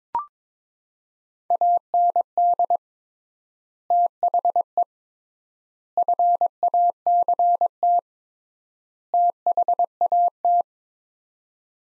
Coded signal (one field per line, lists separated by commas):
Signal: Morse code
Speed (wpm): 22 wpm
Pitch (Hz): 700 Hz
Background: none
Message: AND THE FACT THAT